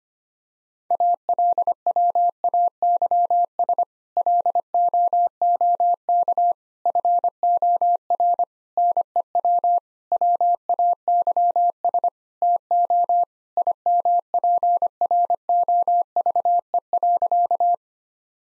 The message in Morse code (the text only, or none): ALWAYS LOOK FOR NEW WAYS TO IMPROVE.